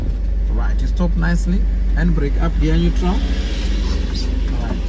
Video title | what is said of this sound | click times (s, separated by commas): LEARNING HOW TO CHANGE GEARS MANUAL TRANSMISSION CODE 10 | put it up that is not up there was no click there right yeah number one | none